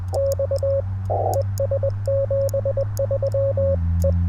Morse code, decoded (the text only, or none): X ES 73 E